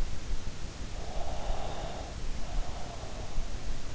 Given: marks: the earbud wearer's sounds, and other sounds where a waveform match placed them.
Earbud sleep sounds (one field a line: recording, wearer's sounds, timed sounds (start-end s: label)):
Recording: sounds in sleep by an in-ear microphone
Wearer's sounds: breath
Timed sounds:
0.94-3.34 s: breath